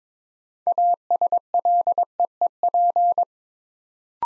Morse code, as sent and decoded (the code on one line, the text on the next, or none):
.- ... .-.. . . .--.
ASLEEP